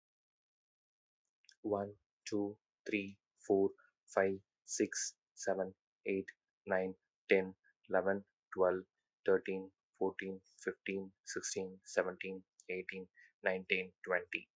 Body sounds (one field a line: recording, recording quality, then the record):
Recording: counting at a normal pace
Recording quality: excellent, no background noise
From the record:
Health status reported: healthy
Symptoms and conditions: none ticked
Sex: male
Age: 34 years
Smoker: not ticked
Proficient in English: yes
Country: India